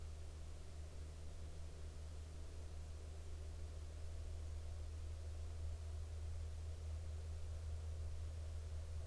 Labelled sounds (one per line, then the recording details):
aircraft
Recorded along the Dalton Highway, Alaska, on 3 October 2019 at 21:23
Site 10